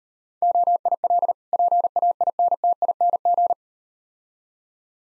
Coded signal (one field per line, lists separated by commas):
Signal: Morse code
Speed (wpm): 38 wpm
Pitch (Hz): 700 Hz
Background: none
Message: OIL PAINTING